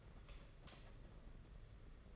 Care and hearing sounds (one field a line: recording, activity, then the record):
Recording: daily activity, microphone in the room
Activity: light off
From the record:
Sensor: 4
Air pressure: 992.7 hPa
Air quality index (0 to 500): 168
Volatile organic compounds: 237 ppm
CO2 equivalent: 4325 ppm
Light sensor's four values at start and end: 4/10/4/4 and 4/8/3/3